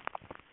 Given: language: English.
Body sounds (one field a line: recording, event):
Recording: throat vibration sensor signal played as sound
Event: swallow